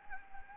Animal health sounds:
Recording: mosquito wingbeat signal from an infrared sensor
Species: Anopheles gambiae

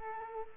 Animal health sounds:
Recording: mosquito wingbeat signal from an infrared sensor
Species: Culex quinquefasciatus

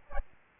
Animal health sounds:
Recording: mosquito wingbeat signal from an infrared sensor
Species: Aedes albopictus

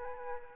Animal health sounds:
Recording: mosquito wingbeat signal from an infrared sensor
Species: Aedes aegypti

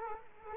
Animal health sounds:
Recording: mosquito wingbeat signal from an infrared sensor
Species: Culex quinquefasciatus

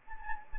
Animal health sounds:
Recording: mosquito wingbeat signal from an infrared sensor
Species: Anopheles gambiae

